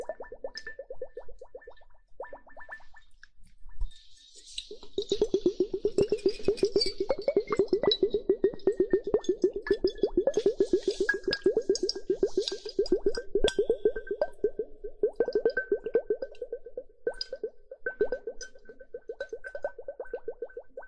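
Dense wet droplet and clicking sounds patter rapidly from about five seconds onward, after sparser ticks, with a faint steady high tone throughout.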